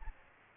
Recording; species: mosquito wingbeat signal from an infrared sensor; Aedes aegypti